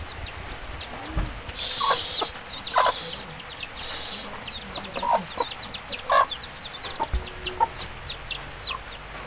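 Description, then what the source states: Chicks peeping: many short, high downward-slurred peeps overlapping continuously, with patter of rain and occasional louder noise bursts in the background. Chicks recorded on a rainy day at La Guayubira, Uruguay, in 2018, using a Zoom H4n recorder.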